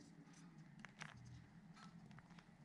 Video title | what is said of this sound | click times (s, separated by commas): Courtesy & Foot lights installation - VW 2012-2019 | They haven't clicked in yet. | none